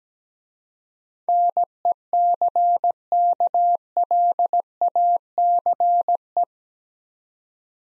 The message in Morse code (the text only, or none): NECKLACE